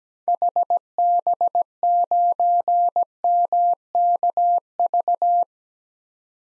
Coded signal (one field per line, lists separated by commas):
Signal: Morse code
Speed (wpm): 17 wpm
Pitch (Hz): 700 Hz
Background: none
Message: HB9MKV